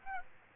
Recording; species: mosquito wingbeat signal from an infrared sensor; Aedes aegypti